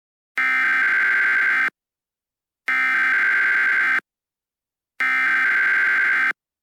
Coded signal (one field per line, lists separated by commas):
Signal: Emergency Alert System (SAME) tones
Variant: header bursts